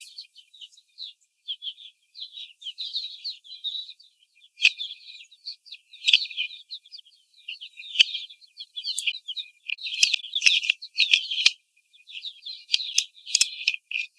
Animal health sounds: young laying hens in a cage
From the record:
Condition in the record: before the stressor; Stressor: simulated dog barking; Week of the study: 4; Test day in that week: 3

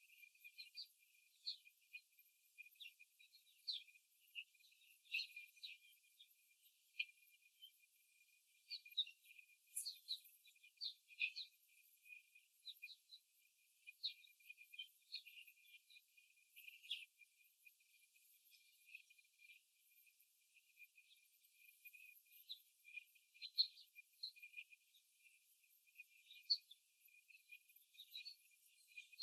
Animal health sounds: young laying hens in a cage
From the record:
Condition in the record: before the stressor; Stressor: simulated dog barking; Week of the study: 3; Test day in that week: 1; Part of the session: 2

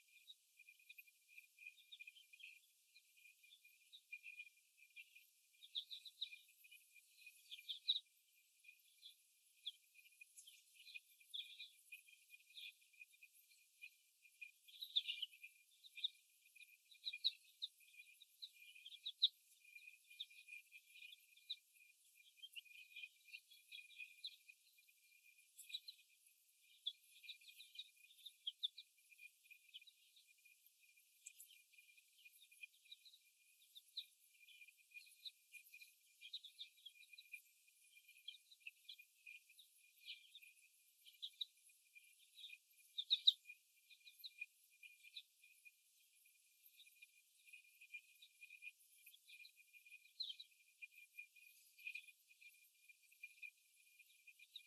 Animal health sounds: young laying hens in a cage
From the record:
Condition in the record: after the stressor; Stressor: simulated dog barking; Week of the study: 1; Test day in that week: 1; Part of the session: 2

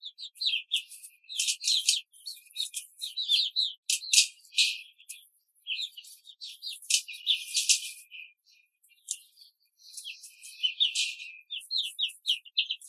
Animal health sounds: young laying hens in a cage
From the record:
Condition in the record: control cage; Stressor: none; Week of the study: 5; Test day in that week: 1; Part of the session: 3

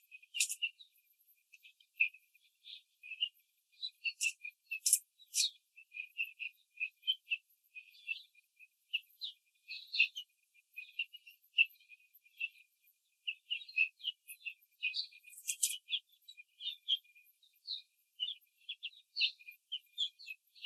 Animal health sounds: young laying hens in a cage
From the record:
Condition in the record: control cage, after the stress test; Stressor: none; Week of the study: 4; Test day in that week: 3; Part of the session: 3

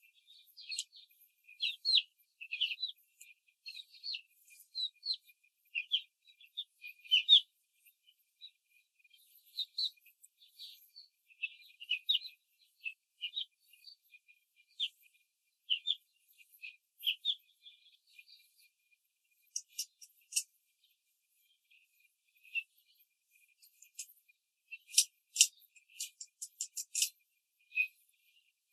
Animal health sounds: young laying hens in a cage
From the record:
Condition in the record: control cage, after the stress test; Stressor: none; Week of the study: 4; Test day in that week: 1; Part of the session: 3

